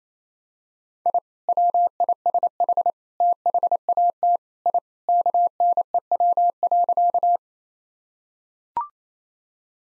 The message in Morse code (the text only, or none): I WISH THAT I KNEW.